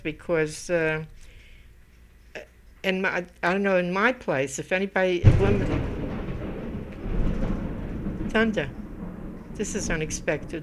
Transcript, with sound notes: Because in my ---- I don't know in my place if anybody [The sound of thunder is heard in the background.] Thunder! This is unexpected.